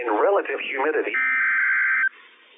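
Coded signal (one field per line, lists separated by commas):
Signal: Emergency Alert System (SAME) tones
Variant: header bursts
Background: speech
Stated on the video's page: Severe Thunderstorm Warning from NWS Pendleton on weather radio station WWF56.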